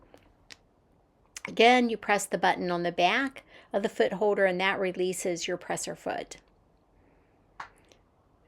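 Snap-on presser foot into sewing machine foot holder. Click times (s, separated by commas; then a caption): 0.5 s. On a Janome Memory Craft 8200 QCP Special Edition sewing machine, the bar on a snap-on presser foot is lined up with the groove in the foot holder, and the holder is lowered onto it. The foot clicks into place at 0.5 s. Someone then talks, and a sharp click follows at 7.6 s.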